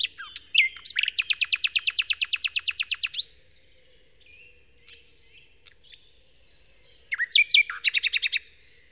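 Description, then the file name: Common nightingale delivering a long rapid trill of repeated notes, followed by a pause, soft whistles and another quick burst of repeated notes. Song, Kent, 2008. "nightingale-song-recorded-in-kent-2008-by-phil-riddett"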